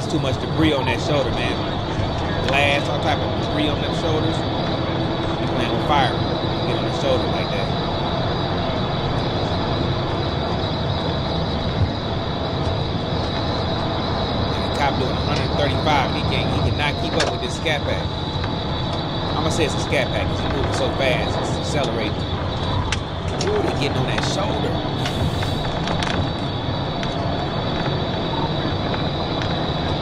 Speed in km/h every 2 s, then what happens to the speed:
190, 201, 203, 208, 212, 216, 217, 221, 203, 195, 187, 177, 185, 195, 198.
0-13 speeds up to 221. 13-21 brakes to 177. 21-30 speeds up to 198.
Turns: none.